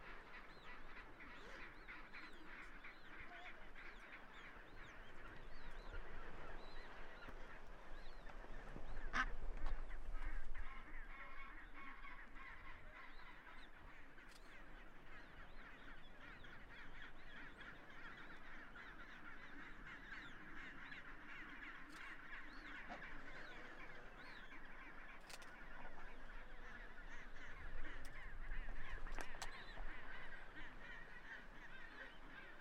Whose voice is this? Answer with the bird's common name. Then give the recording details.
Chinstrap Penguin. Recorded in the wild. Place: Half Moon Island, Antarctica, AQ. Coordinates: -62.35, -59.55. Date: 2019-01-02. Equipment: Olympus LS-100, Sennheiser ME66. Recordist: Beaulieu, Michaël. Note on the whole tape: In Kolonie von Eselspinguinen. Küken